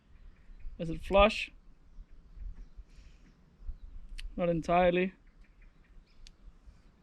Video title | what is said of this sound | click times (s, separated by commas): Maxx M4W mtw hop-up setup & range test and in-depth talk! (It's AMAZING) PART 2/2 #maxxmodel | There we go. Completely flush. You hear like a little extra click when it's flush. 100%. | 6.3 s